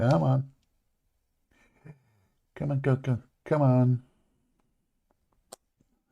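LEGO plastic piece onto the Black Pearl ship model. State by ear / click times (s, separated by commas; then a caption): seated / 5.5 s. A LEGO plastic piece is pushed onto a Black Pearl ship model after a struggle, because it didn't want to snap in place, while someone talks. A single sharp click is heard at 5.5 s as the piece seats.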